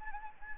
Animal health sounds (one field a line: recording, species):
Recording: mosquito wingbeat signal from an infrared sensor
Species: Anopheles gambiae